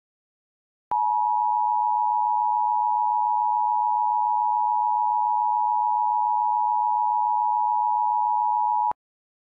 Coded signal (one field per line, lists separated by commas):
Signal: Emergency Alert System (SAME) tones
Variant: 853 and 960 Hz attention tone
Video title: If Driving Had EAS